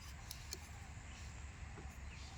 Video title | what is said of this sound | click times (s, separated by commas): Agriculture drone/ Kisan drone. Video part 1--- agriculture drone की संपूर्ण जानकारी | तो इससे लॉक हो जाएगा। | 0.3 s, 0.5 s